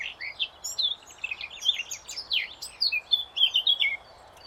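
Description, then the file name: Eurasian blackcap warbling song: a rapid, continuous chatter of mixed scratchy and whistled notes, rising and falling in short bursts for several seconds. "Sylvia atricapilla"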